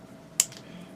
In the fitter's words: and there's little two notches there that will snap into place like so